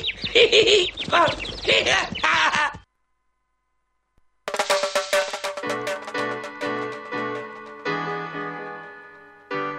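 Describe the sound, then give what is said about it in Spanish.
Loud, raspy bird calls honk repeatedly for a few seconds, then break off into silence before a sequence of ringing, sustained musical notes begins. “¡Un pájaro!”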